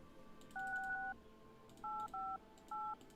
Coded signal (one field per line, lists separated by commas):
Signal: DTMF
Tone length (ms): 250 ms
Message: 6858